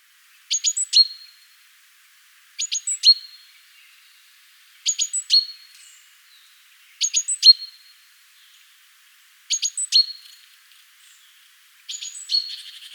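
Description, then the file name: Great tit calling in a steady series: quick clusters of thin, high ticks, each closing with a ringing held note, repeated several times. "Parus major"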